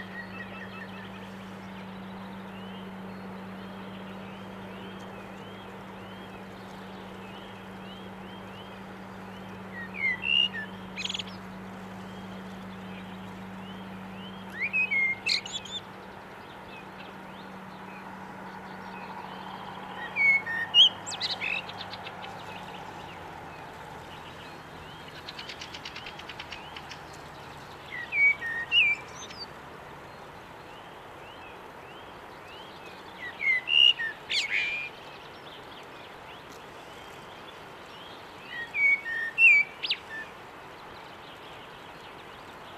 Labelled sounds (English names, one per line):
Common Blackbird song